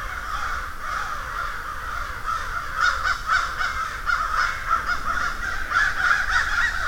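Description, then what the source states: Crows in a large calling group, caws overlapping into a steady din that grows a little louder in the second half. Field recording of a murder (flock) of crows.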